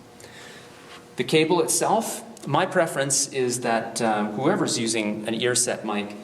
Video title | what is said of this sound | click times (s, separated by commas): Headset Training Video.mov | and just gently press until it clicks | 0.2 s